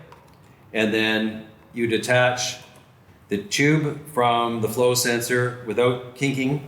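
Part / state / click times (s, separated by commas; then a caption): flow sensor into mask adapter / seated / 0.1 s. The rubber-ring end of a flow sensor is pushed into the adapter of a single-patient mask and seats with a solid click at 0.1 s. Someone then talks.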